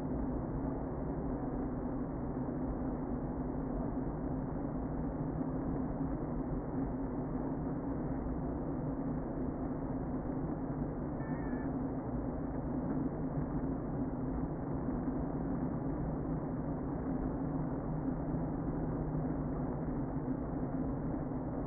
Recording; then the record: honeybee colony, microphone inside the hive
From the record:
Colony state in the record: queen present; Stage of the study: before two queens were removed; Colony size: about 60,000 bees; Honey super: yes